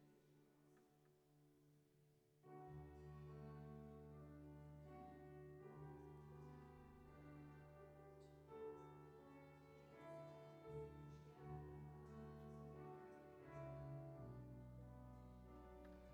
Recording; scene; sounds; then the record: everyday scene through a hearing-aid microphone; reverberant space; music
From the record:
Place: church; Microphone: behind the ear, right, front